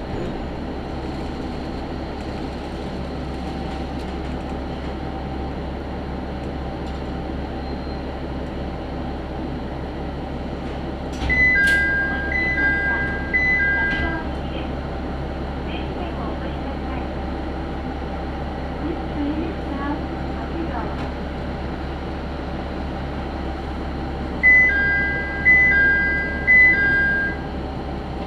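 Tenryu Hamanako Railway train from Kanasashi to Tenryu-Futamata: steady low rumble, with two-tone chime signals near 11 and 25 seconds.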